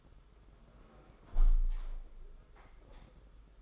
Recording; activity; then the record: daily activity, microphone in the room; close window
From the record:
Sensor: 5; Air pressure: 991.4 hPa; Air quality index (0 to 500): 103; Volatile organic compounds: 19 ppm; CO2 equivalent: 2663 ppm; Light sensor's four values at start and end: 39/124/47/50 and 38/124/47/50